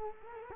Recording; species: mosquito wingbeat signal from an infrared sensor; Culex quinquefasciatus